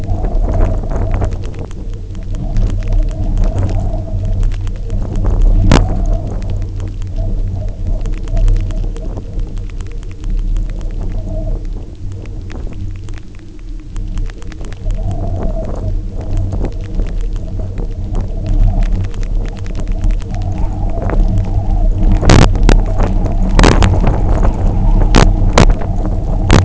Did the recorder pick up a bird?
no